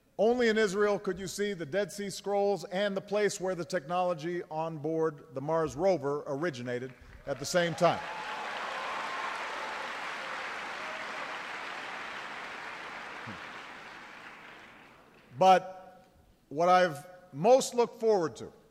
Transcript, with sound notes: Only in Israel could you see the Dead Sea Scrolls and the place where the technology on board the Mars Rover originated at the same time. (Applause.) But what I’ve most looked forward to